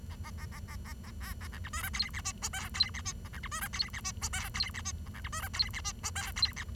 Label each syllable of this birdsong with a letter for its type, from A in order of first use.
A A A A A A A B A C D E F G H I J K G H I A C D E F G H I J K G H I A C D E F G H I J K G H